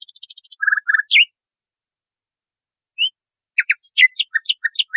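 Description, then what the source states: Nightingale: songbird phrases: buzzy and trilled notes, a short pause, then quick varied chirps. Masteran recording, used for training cage birds.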